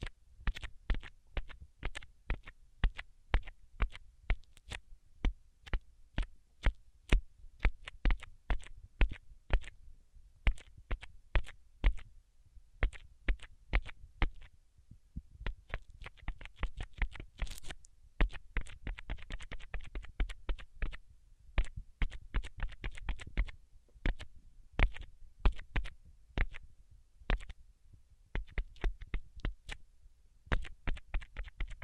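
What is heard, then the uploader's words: Tapping goes on throughout, sharp dry clicks in uneven bursts, sometimes quick flurries and sometimes sparser single taps. Around 15 seconds there is a brief pause, and a denser, busier stretch follows between about 17 and 21 seconds. A faint low hum sits underneath. ASMR 10 Levels of Tapping Tingle Immunity Treatment No Talking.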